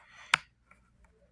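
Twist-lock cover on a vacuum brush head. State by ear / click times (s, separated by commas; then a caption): seated / 0.3 s. A plastic twist-lock cover on the brush head of a Bissell Powerforce Turbo pet vacuum cleaner is twisted until a pointer lines up. It locks into place with a sharp, bright click at 0.3 seconds. Two much fainter ticks follow at about 0.7 and 1.0 seconds.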